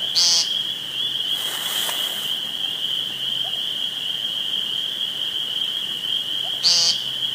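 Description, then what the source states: Woodcock squeaks at the start and end, separated by a long gap; a constant high drone runs behind. Recorded 2 June 2013 on a phone.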